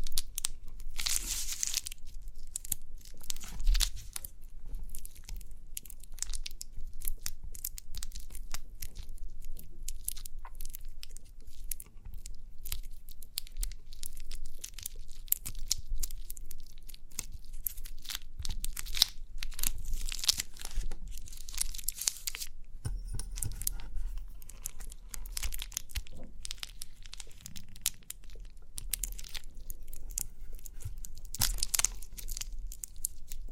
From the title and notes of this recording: ASMR Relaxing & Crinkly Pimple Popping(No Talking).